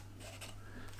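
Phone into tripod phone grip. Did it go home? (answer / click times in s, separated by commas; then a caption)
no / none. A phone is handled and pushed up against the spring-loaded phone grip of a Joby Podzilla tripod kit, making soft scraping and rubbing noises over a steady low hum. The clip ends before the phone slides in and locks, so nothing has seated or clicked yet.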